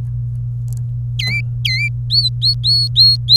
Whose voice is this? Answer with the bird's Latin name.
Serinus canaria